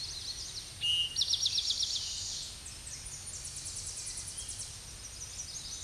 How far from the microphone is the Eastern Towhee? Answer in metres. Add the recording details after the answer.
about 15 m. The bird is about 10 m above the microphone. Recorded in a Pennsylvania forest on 16 May 2024 at 07:40. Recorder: AudioMoth, point MSD-2494. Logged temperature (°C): 15.6 °C. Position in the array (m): 181 m, 181 m